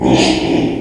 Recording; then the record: squeal of a Yucatan mini pig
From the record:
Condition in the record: before surgery on the right vocal fold (resection and tissue-engineered implant); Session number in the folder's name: 2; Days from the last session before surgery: -15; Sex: female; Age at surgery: 19 weeks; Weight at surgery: 25 kg